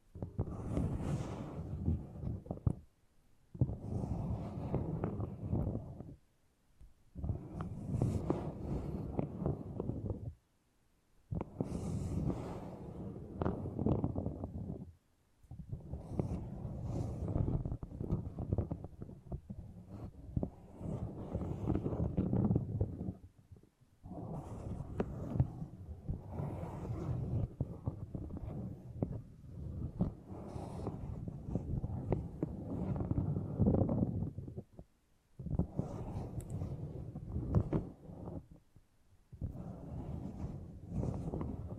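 Beeswax is squished and rubbed in long, dense, muffled bursts with a few crisp crackles, broken by brief silences every few seconds.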